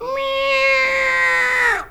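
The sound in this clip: Cat giving one long drawn-out meow, a harmonic wail holding steady, then sliding down in pitch at the end, lasting nearly two seconds.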